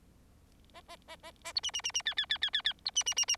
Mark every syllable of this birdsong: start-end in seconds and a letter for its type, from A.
0.74-0.81 A, 0.88-0.96 A, 1.07-1.16 A, 1.23-1.31 A, 1.44-1.53 A, 1.55-1.60 B, 1.63-1.71 C, 1.73-1.81 C, 1.84-1.92 C, 1.94-2.02 C, 2.05-2.14 D, 2.17-2.26 D, 2.29-2.38 D, 2.41-2.50 D, 2.53-2.62 D, 2.64-2.73 D, 2.85-2.91 B, 2.95-3.04 C, 3.06-3.14 C, 3.16-3.25 C, 3.28-3.36 C